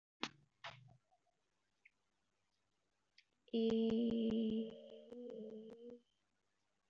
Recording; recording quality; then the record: sustained vowel as in made; excellent, no background noise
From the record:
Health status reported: exposed to COVID-19, no respiratory illness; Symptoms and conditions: none ticked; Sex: female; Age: 28 years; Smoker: not ticked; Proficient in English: no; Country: India